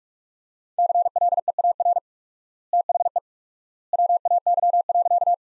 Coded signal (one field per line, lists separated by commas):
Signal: Morse code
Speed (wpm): 47 wpm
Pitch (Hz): 700 Hz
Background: none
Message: CLEAR THE WAY.